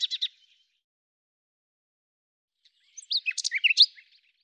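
Bird song: a few sharp chirps at the start, then a quiet pause, then a fast jumble of high, squeaky notes.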